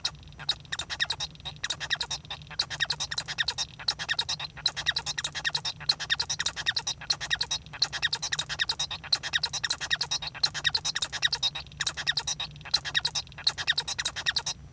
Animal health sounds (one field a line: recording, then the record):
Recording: song of a male Bengalese finch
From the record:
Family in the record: son of father 1